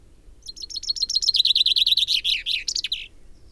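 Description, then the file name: Common chaffinch song: a bright, rapid series of repeated chipping notes that descends, ending in a short flourish, about two and a half seconds long. "Fringilla coelebs"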